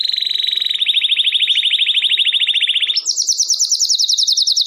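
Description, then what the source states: Domestic canary singing a long, rapid rolling trill for about three seconds before jumping to a higher trill. Belgian canary (Canário Belga) singing; title gives 'campainha'.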